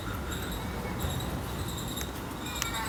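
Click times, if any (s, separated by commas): none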